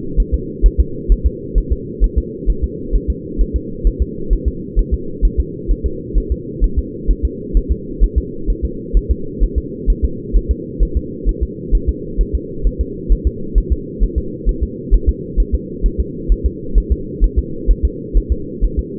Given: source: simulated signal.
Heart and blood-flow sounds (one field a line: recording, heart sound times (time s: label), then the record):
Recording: fetal heart sounds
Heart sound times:
0.20 s: S1
0.34 s: S2
0.66 s: S1
0.80 s: S2
1.12 s: S1
1.26 s: S2
1.58 s: S1
1.72 s: S2
2.04 s: S1
2.18 s: S2
2.50 s: S1
2.64 s: S2
2.95 s: S1
3.10 s: S2
3.41 s: S1
3.56 s: S2
3.87 s: S1
4.02 s: S2
4.33 s: S1
4.48 s: S2
4.79 s: S1
4.94 s: S2
5.25 s: S1
5.40 s: S2
5.71 s: S1
5.86 s: S2
6.18 s: S1
6.32 s: S2
6.64 s: S1
6.79 s: S2
7.11 s: S1
7.25 s: S2
7.57 s: S1
7.72 s: S2
8.04 s: S1
8.18 s: S2
8.50 s: S1
8.65 s: S2
8.97 s: S1
9.11 s: S2
9.43 s: S1
9.58 s: S2
9.90 s: S1
10.04 s: S2
10.36 s: S1
10.51 s: S2
10.83 s: S1
10.97 s: S2
11.29 s: S1
11.43 s: S2
11.75 s: S1
11.89 s: S2
12.21 s: S1
12.35 s: S2
12.67 s: S1
12.81 s: S2
13.12 s: S1
13.27 s: S2
13.58 s: S1
13.72 s: S2
14.03 s: S1
14.18 s: S2
14.49 s: S1
14.63 s: S2
14.94 s: S1
15.09 s: S2
15.40 s: S1
15.55 s: S2
15.86 s: S1
16.00 s: S2
16.32 s: S1
16.46 s: S2
16.78 s: S1
16.92 s: S2
17.24 s: S1
17.39 s: S2
17.71 s: S1
17.85 s: S2
18.17 s: S1
18.32 s: S2
18.64 s: S1
18.79 s: S2
From the record:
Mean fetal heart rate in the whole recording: 130 bpm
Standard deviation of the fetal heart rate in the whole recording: 2 bpm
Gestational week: 36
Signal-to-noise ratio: -4.3 dB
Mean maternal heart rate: 72 bpm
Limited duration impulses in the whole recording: absent